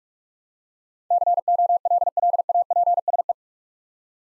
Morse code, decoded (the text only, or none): COLLAPSE